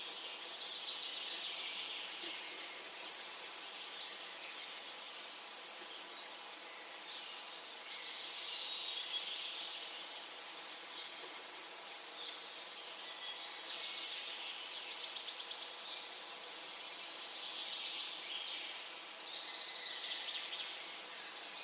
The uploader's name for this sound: Singing of birds in nature